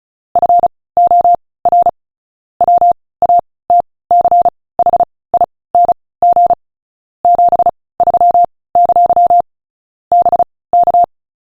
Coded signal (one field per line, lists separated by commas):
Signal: Morse code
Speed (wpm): 34 wpm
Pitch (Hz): 700 Hz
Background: none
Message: FOR WATCHING 73! BK